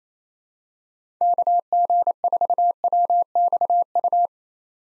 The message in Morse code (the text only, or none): KG4WXU